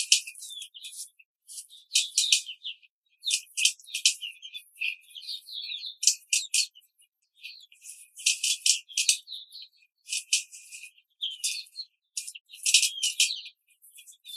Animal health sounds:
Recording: young laying hens in a cage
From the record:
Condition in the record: control cage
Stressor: none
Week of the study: 5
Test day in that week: 1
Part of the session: 3

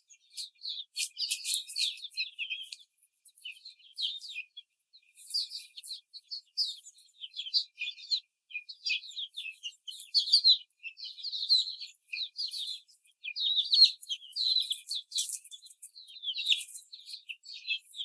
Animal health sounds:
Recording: young laying hens in a cage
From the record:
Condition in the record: before the stressor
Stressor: simulated dog barking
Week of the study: 4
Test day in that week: 3

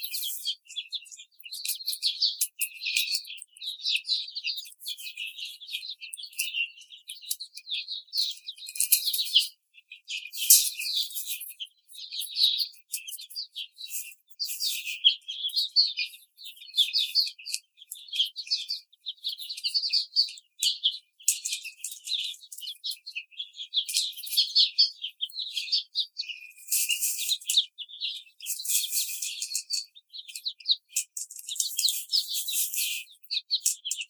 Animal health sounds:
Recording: young laying hens in a cage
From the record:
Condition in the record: treatment cage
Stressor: simulated dog barking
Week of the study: 5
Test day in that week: 1

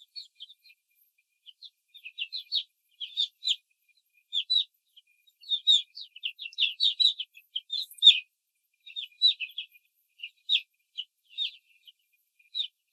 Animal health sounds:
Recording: young laying hens in a cage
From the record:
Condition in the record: control cage, after the stress test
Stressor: none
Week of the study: 4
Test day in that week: 3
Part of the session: 1

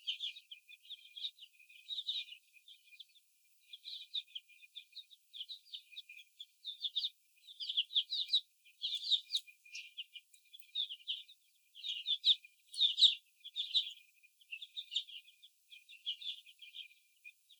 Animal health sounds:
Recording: young laying hens in a cage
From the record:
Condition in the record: after the stressor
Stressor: sudden umbrella opening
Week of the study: 2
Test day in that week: 1

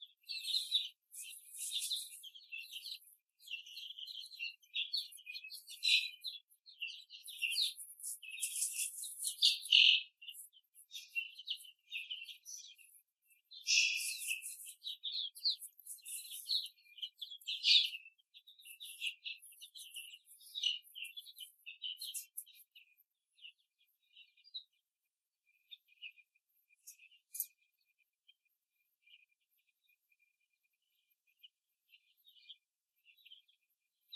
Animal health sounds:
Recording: young laying hens in a cage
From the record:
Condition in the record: before the stressor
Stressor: simulated dog barking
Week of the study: 3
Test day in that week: 1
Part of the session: 2

